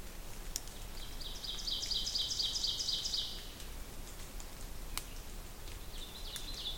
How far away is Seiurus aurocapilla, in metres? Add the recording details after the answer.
about 60 m. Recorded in boreal forest in Alberta, Canada, on 2 June 2016 at 08:45. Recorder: SongMeter 3, array SBT-3-7. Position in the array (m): 21 m, 129 m. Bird 4